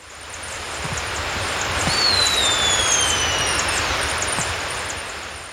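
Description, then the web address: Sharpbill giving a drawn-out, high descending whistle, partly masked by a strong steady rushing noise throughout. Ecuador. "Birds of Ecuador. Sharpbill"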